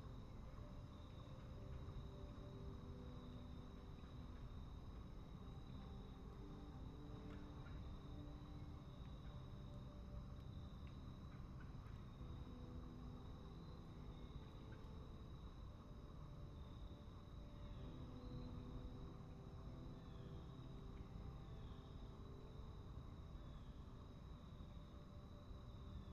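Soft piano notes drift over a steady outdoor bed, with a faint high tone, low rumble and occasional duck-like calls throughout.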